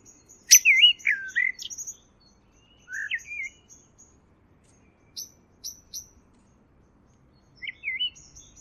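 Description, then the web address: Songbird giving short warbled phrases, an opening burst, then scattered single notes and high clicks with silent gaps between. "Deverinetal. Bird Only"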